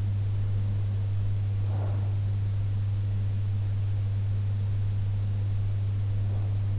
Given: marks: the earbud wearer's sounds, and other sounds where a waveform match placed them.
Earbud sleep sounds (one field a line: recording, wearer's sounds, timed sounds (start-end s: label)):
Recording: sounds in sleep by an in-ear microphone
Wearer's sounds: breath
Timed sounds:
1.53-2.30 s: breath